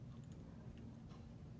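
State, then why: Seated. A plastic (TR90) child's eyeglass temple is slid onto the frame front hinge after the spacing was adjusted with pliers or a screwdriver. Two faint, short clicks are heard at 0.3 s and 0.8 s over a low steady background hum. The temple is seated on the frame.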